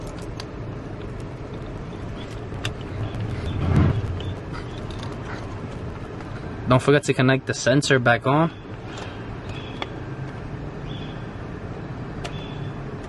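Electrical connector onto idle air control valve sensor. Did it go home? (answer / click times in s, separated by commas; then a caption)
no / none. After cleaning the idle air control valve on a Honda Prelude H22, someone handles its plastic electrical connector to plug it back onto the valve's sensor housing while someone talks. Faint handling taps are heard at about 0.4, 2.7, 4.2, 5.0, 9.8 and 12.3 seconds. Nothing has seated or clicked yet.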